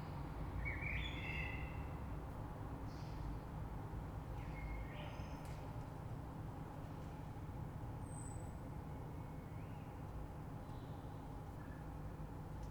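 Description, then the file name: Common blackbird song: one clear fluted phrase early on, then softer scattered notes and a thin high whistle, over continuous low background rumble. Recorded 3 March 2020. "Rush Merle"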